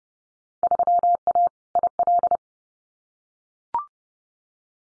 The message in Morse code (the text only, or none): 3A IL